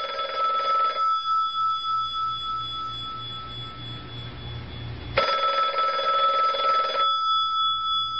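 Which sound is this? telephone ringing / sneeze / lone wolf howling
telephone ringing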